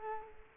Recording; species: mosquito wingbeat signal from an infrared sensor; Culex quinquefasciatus